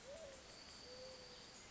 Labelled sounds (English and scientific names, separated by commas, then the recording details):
Mourning Dove (Zenaida macroura)
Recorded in Sonoma County, California